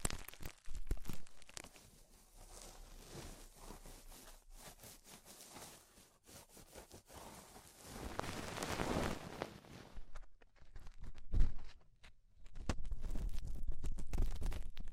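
Ear cleaning with rhinestones and clay being picked off, a close stream of small scratchy clicks, crinkles and soft rubbing. Quieter stretches alternate with denser bursts around eight to nine seconds and from about twelve seconds on, with a sharp tap near eleven seconds.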